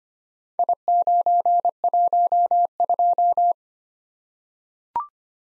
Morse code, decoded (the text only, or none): I912